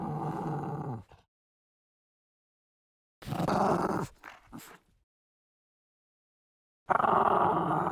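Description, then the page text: French bulldog snarling intensely in three bouts separated by silence, deep raspy growls, the middle bout breaking into a few short harsh bursts. "French Bulldog Snarl Intense. Quick Sounds"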